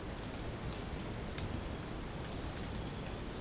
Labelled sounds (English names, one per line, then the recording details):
none
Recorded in dense forest near Puerto Asís, Putumayo, Colombia, on 30 June 2025 at 07:30
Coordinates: 0.486, -76.317
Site G065